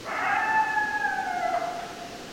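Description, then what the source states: Coyote howl, a long smooth tone that slides gradually downward and trails away over about two seconds. Coyotes, more than one, recorded on 10 December 2012.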